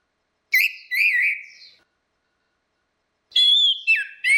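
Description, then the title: Orange-headed thrush: a wavering whistled phrase, a pause of over a second, then a burst of sweet, high, varied notes. "Burung Anis Merah"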